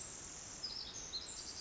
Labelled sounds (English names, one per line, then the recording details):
Pacific Wren
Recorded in Sonoma County, California